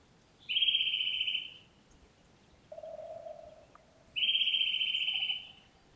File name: Sitta europaea